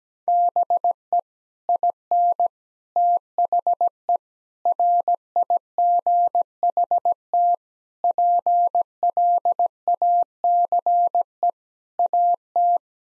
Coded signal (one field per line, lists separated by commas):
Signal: Morse code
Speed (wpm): 17 wpm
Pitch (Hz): 700 Hz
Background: none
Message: BE IN THE RIGHT PLACE AT